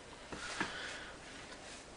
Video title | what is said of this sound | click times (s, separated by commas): my finished sks | The lock, you slide it on like that and it' be locked like that. | 0.6 s